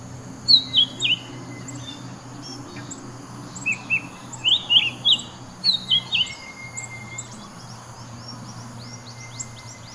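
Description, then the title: Bird song of repeated bright chirps, dropping in pitch, delivered in several short bursts, with a constant low hum behind. "SuaraBurung Kicau"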